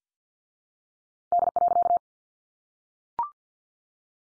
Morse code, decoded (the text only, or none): D.